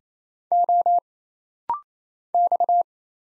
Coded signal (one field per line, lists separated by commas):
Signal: Morse code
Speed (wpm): 27 wpm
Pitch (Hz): 700 Hz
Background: none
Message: O X